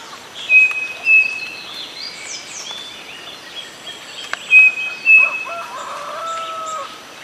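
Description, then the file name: Bird repeats a pair of flat, thin whistles twice, several seconds apart, while other birds add scratchy higher notes and lower nasal phrases near the end. "SABIOD 50 bird 2015"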